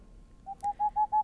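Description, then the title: Tengmalm's owl giving a fast run of five level, hollow whistled hoots, each note brief and evenly spaced. "Helmipöllö"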